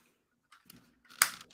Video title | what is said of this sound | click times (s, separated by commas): HGUC Psycho Gundam -Gunpla Build Livestream - Gunpla Hangar Ep. 126 | okay well something's snapped in place but it still feels like something's just not connecting | 1.2 s